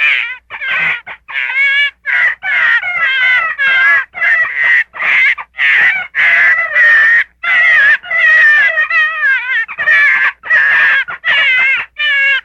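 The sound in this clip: Gray fox giving a rapid, irregular series of harsh, harmonic yelps and whines, wavering up and down, roughly one or two per second, with short pauses between bursts.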